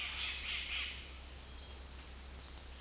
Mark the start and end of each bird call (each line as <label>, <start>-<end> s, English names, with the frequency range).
Yellow-rumped Cacique (0.4-5.1 kHz), 0.00-1.15 s